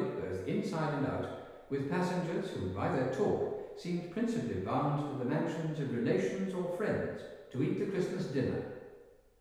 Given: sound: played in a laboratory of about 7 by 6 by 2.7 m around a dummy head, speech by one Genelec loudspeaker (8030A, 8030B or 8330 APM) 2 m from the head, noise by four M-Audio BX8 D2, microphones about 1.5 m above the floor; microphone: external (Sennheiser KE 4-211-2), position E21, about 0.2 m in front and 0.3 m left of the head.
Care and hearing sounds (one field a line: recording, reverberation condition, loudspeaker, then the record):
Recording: male speech in English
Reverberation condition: high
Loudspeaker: 120 degrees to the right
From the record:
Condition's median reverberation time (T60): about 1300 ms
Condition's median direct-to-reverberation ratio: about -4.0 dB